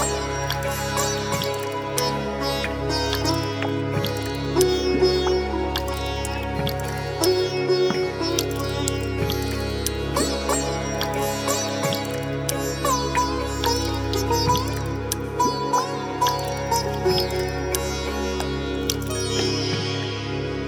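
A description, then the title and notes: Sitar-like plucked lines and sustained synth tones play over a deep bass pulse that drops out briefly about every three seconds. Sharp drip-like clicks and short bright plucks scatter throughout, with a steady, dense texture and a soft high shimmer near the end. Waterdrops, mic dives, synths, sitar.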